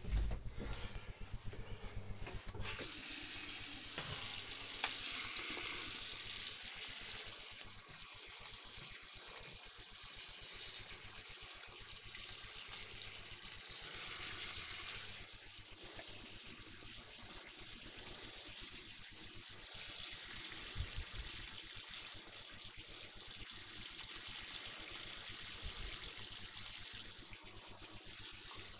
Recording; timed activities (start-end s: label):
household activities, microphone on the right wrist
1.52-28.80 s: brushing teeth